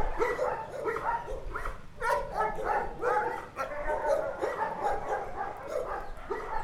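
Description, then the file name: Dog barking, repeated sharp woofs in quick succession with yelps, steady throughout. Dogs in a shelter. "freesound shelter for dogs"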